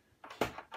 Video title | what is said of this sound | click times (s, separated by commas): 308 Winchester Ammo Reload or Build - Lee Turret Press | vertically straight down and then then it's locked into place that's not coming out | 0.2 s, 0.4 s